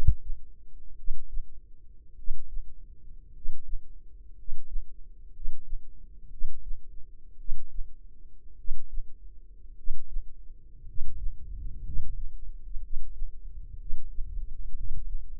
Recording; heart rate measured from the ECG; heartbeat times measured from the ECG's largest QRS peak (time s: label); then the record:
heart sounds by microphone in the left ear; 57 bpm
0.94 s: heartbeat
2.14 s: heartbeat
3.31 s: heartbeat
4.34 s: heartbeat
5.30 s: heartbeat
6.28 s: heartbeat
7.36 s: heartbeat
8.55 s: heartbeat
9.74 s: heartbeat
10.84 s: heartbeat
11.81 s: heartbeat
12.79 s: heartbeat
13.76 s: heartbeat
14.73 s: heartbeat
From the record:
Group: healthy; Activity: rest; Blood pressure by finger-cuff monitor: 100/51 mmHg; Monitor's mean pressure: 63 mmHg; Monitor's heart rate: 56 bpm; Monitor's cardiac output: 5 L/min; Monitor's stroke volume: 88 mL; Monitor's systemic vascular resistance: 920 dyn s/cm5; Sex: male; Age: 25 years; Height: 170 cm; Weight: 70.4 kg